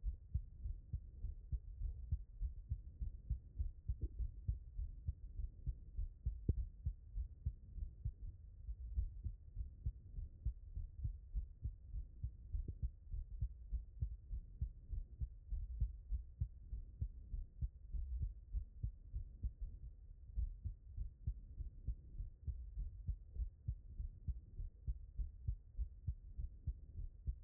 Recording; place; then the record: heart sounds by stethoscope; tricuspid valve (TV)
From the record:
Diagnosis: non-HFrEF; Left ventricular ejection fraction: 45%